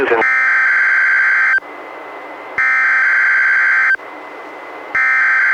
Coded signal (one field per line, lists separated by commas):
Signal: Emergency Alert System (SAME) tones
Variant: header bursts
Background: speech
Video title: EAS #272-273: 2 NWR Required Weekly Tests- Oct. 10-17, 2018